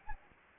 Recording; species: mosquito wingbeat signal from an infrared sensor; Anopheles arabiensis